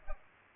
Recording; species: mosquito wingbeat signal from an infrared sensor; Culex pipiens